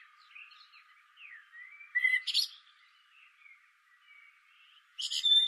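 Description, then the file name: Common blackbird song, quiet fluty slurred notes broken by two sharp, high squeaky twitters, one midway and one at the end. "Turdus merula"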